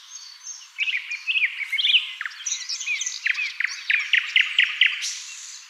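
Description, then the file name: Common nightingale song of jumbled chirps followed by a series of evenly spaced repeated notes. "Luscinia megarhynchos"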